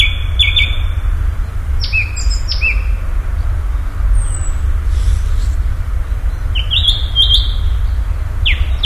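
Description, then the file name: Common nightingale song: varied clear whistled phrases around mid-high pitch, a thin very high whistle and short sharp notes, over a steady low rumbling background. "Nachtigall"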